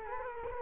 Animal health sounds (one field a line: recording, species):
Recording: mosquito wingbeat signal from an infrared sensor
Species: Culex quinquefasciatus